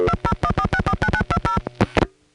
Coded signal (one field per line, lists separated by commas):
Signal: DTMF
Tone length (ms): 70 ms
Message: 2014649920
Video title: Vintage Telephone Network Sounds part 2, 1976-1981